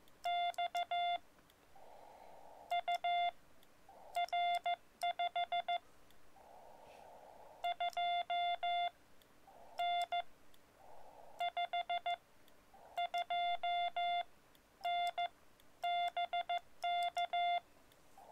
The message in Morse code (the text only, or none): X UR 52N 52N BK